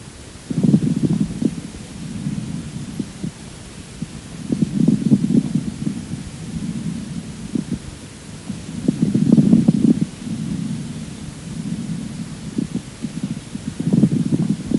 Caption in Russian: Влажные, средне- и крупнопузырчатые хрипы у пациента с бронхоэктатической болезнью. Отличающиеся более низкой частотой и меньшим числом одновременно возникающих звуков. При наличии бронхоэктазов, мешковидных выпячиваний бронхиальной трубки, содержащих жидкую мокроту.